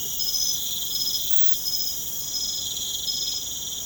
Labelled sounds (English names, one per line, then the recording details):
none
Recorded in pastures near Puerto Asís, Putumayo, Colombia, on 30 June 2025 at 01:30
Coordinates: 0.472, -76.331
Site G095